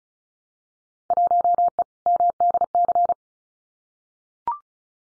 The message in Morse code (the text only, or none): 1E MDC